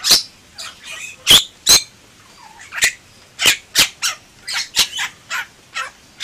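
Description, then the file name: Bali myna giving many loud, separate harsh squawks and sharp clicks with short gaps between them. "suara jalak bali"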